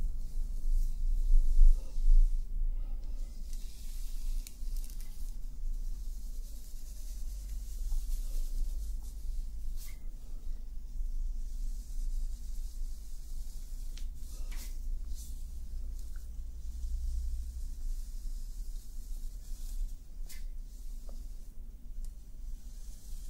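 Hair being played with, heard as soft, sparse rustling and faint scratchy brushes over a steady low rumble. A few brief crackles stand out near 10, 14 and 21 seconds, and the first couple of seconds are somewhat louder.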